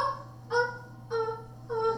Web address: turkey